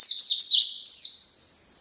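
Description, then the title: White-eye with a short phrase of high, sweeping notes that slide up and down, fading away at the end. Song style called 'racun', with canary-like variations ('variasi kenari'), rapid bursts ('tembakan') and nonstop singing ('gacor'); 2015. "Pleci RACUN (Variasi kenari , Tembakan , Gacor , new 2015 )"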